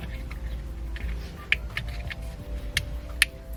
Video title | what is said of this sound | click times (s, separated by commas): AudioControl a800 1 sub pro and the new AC Ram subwoofer fiberglass box txrm02d10 full install | Lock it into place. You'll hear a little click. | 3.2 s